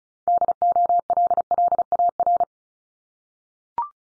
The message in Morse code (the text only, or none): DOLLAR